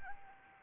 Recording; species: mosquito wingbeat signal from an infrared sensor; Anopheles arabiensis